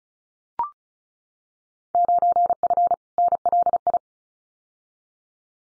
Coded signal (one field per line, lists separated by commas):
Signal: Morse code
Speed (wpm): 36 wpm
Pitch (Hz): 700 Hz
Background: none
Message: 9F NLI